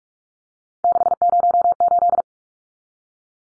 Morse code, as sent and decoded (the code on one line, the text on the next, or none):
-.... ----- ---..
608